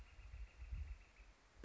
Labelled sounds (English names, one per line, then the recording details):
Northern Flicker
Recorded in Sonoma County, California